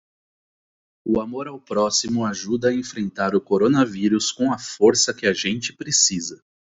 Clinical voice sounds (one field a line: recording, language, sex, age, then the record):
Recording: spoken sentence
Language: Brazilian Portuguese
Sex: male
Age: 30 to 39 years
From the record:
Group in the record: control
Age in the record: 33 years